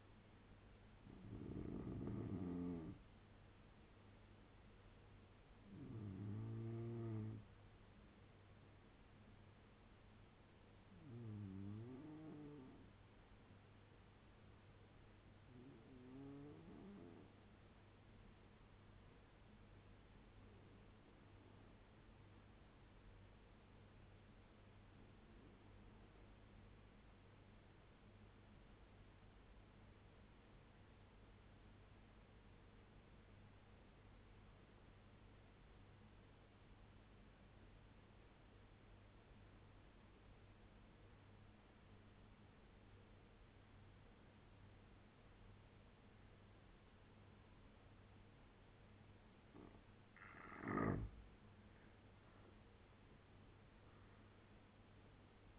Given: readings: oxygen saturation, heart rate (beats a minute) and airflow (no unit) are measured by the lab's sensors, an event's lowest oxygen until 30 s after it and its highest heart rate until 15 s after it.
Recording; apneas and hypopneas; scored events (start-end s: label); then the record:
breathing in sleep by a voice recorder at the bedside; 1
21.00-51.00 s: obstructive apnea (N2, oxygen 95% highest, then 80% lowest, heart rate 67 at the start, 85 highest)
From the record:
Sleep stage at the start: N2 (light sleep); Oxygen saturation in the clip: 82 to 95%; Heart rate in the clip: 65 to 85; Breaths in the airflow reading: 6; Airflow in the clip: -8.4 to 6.3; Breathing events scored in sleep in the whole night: 201 in 6.5 hours asleep